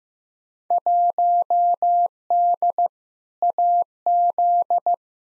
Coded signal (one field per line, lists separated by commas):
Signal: Morse code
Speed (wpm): 15 wpm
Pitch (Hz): 700 Hz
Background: none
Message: 1D AZ